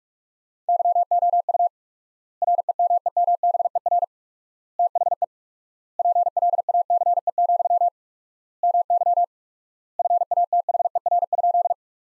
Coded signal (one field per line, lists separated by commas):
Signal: Morse code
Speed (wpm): 42 wpm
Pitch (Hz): 700 Hz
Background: none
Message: YOU REMEMBER THE PLACE, MY FATHER?